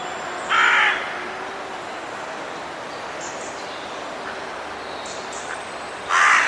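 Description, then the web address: Bird giving two harsh, hoarse caws, one near the start and one at the end, separated by quiet background hiss with faint high chirps. "cianscape. Deverinetal 2025. Bird Only"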